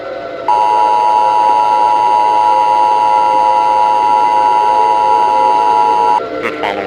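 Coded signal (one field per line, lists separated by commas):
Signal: Emergency Alert System (SAME) tones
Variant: 853 and 960 Hz attention tone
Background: speech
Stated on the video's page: Simulated alert scenario made for entertainment and pranks.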